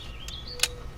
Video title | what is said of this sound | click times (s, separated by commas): Pool Vacuuming Guide with Cale of Ask the Pool Guy: Easy Steps for a Sparkling Pool! | which is just a quick little clicky. | 0.6 s